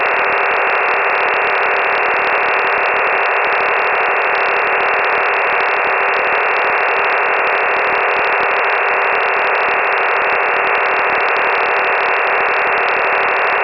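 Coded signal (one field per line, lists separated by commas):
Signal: digital SSTV (DRM)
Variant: EasyPal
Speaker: Okay, Chris, VK3CJN, how did you go with that? Chris, was up to 21 dB until we got the repeater ident, and then it dropped down to 10 and came back up to 12 or 13. So I'm going to give you 21 on that because it was a good solid signal, and full decode.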